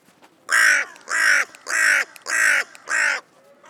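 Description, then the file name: Carrion crow calling five loud, harsh, rasping caws in steady, roughly even succession. "Corvus corone"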